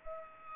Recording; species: mosquito wingbeat signal from an infrared sensor; Culex pipiens